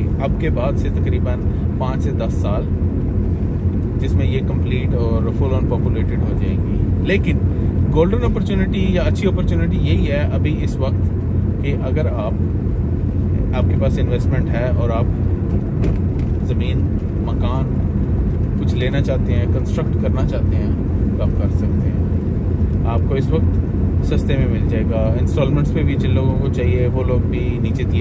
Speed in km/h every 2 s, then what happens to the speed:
27, 27, 27, 27, 27, 27, 27, 26, 26, 27, 26, 27, 27, 27.
0-28 steady at about 27.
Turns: none.